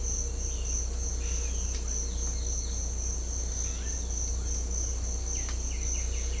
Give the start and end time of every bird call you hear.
[0.43, 0.85] bird call (2.1-4.2 kHz)
[2.02, 2.75] bird call (2.8-4.9 kHz)
[3.65, 3.94] bird call (1.2-4.0 kHz)

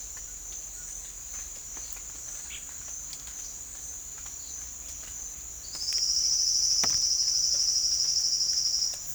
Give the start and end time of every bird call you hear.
[0.00, 1.23] bird call (1.0-1.9 kHz)
[2.29, 2.72] bird call (1.8-4.4 kHz)
[5.57, 9.03] bird call (3.7-6.5 kHz)

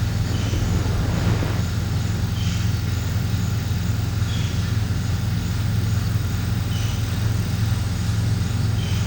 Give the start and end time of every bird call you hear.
[8.78, 9.06] bird call (1.8-3.8 kHz)

